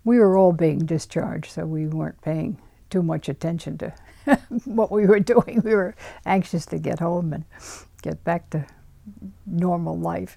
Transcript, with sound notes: we were all being discharged, so we weren't paying too much attention to what we were doing. ( she laughs ) We were anxious to get home and get back to normal life.